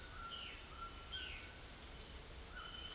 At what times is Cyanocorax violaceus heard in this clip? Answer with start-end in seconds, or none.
0.00-1.56